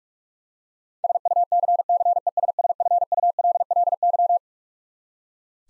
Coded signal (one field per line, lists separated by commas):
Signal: Morse code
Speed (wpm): 46 wpm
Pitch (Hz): 700 Hz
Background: none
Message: SUCCESSFULLY